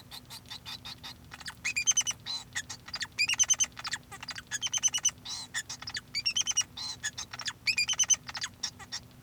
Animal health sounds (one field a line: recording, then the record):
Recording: song of a male Bengalese finch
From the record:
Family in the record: son of father 2